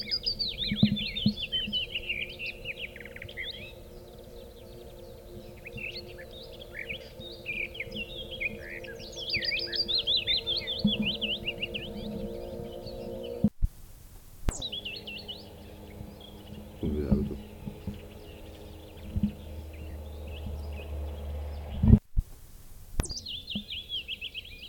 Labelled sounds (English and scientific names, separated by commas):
Willow Warbler (Phylloscopus trochilus) song